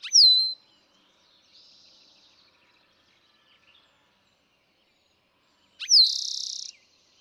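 Eastern towhee song twice: first mainly its sharp descending note, later a sharp descending note followed by a dry buzzy trill, with soft notes from another bird in the pause.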